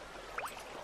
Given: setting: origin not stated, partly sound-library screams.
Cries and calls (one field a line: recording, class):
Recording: one-second piece from a danger detection set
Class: normal situation